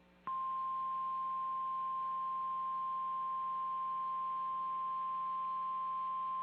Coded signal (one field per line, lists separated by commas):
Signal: Emergency Alert System (SAME) tones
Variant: 853 and 960 Hz attention tone